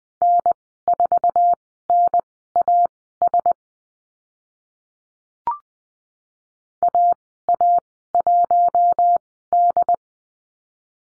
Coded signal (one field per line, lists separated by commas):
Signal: Morse code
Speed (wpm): 20 wpm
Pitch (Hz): 700 Hz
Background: none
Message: N4NAS AA1D